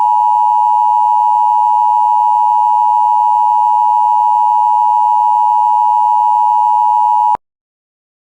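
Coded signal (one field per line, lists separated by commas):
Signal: Emergency Alert System (SAME) tones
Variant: 853 and 960 Hz attention tone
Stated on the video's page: Fire warning alert for El Paso, heard twice as the same alert from different sources.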